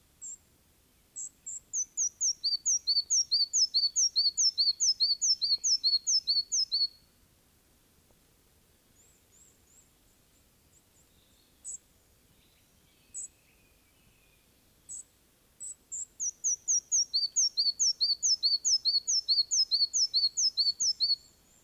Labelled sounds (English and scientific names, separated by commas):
Red-breasted Flycatcher (Ficedula parva) song